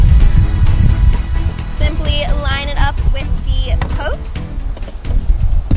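A motorcycle sissy bar with rack is lined up with the bike's mounting posts as someone talks over background music. The clip ends before the metal docking latch snaps into place, so nothing has seated or clicked yet.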